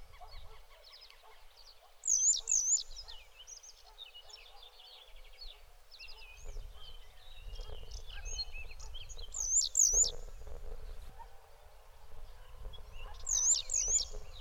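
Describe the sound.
Bird calls: a high, wavy two-note phrase repeated three times, among scattered chirps from other birds, with low rumbling noise in the second half.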